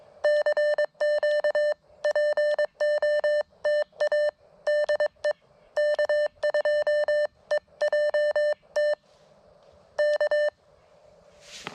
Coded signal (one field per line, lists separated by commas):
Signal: Morse code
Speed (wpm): 22 wpm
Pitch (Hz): 600 Hz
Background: none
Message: CQ POTA DE K2EJT K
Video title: Frustrating.....but awesome! First Elecraft KX1 CW POTA activation at K-5221 9/30/23